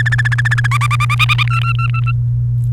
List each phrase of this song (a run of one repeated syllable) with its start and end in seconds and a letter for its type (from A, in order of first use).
0.00-0.67 A, 0.71-1.43 B, 1.47-2.11 C